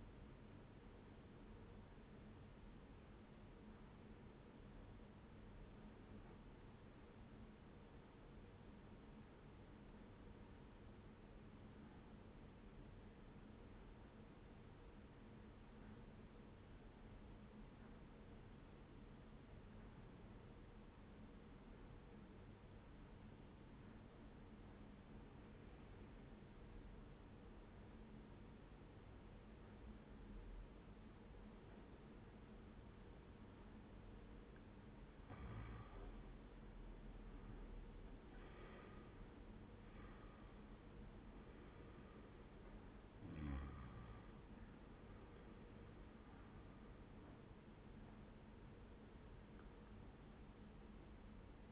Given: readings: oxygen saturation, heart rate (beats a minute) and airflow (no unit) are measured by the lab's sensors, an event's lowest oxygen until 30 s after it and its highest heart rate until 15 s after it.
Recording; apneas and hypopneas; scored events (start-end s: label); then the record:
breathing in sleep by a voice recorder at the bedside; 1
3.00-35.00 s: obstructive apnea (N1, oxygen 97% highest, then 88% lowest, heart rate 78 at the start, 89 highest)
22.00-51.72 s: new sleep stage, N2 (light sleep)
From the record:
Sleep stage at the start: N1 (lightest sleep); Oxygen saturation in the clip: 87 to 97%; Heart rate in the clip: 72 to 89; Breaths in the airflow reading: 3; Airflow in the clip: -13.1 to 12.5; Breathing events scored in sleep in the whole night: 131 in 7.2 hours asleep